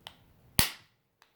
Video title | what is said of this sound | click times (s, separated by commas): 2015 BMW Key fob battery replacement. | you hear it to snap in you got to put pressure on it that's | 0.6 s